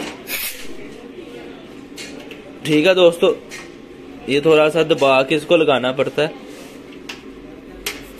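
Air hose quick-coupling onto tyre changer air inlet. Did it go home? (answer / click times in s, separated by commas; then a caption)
yes / 7.9 s. An air hose quick-coupling is pressed onto the air inlet fitting of a brand-new 24-inch MHSW tyre changer machine, which needs a little push to go on. Someone talks, then two sharp hits are heard, a quieter one at 7.1 s and a louder one at 7.9 s. The louder hit is taken as the lock click, and the coupling is locked onto the fitting.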